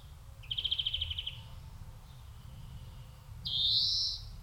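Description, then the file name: European greenfinch giving a nearly one-second rapid trill, then after a pause a long, harsh, rising wheezing note lasting nearly a second. "Chloris chloris"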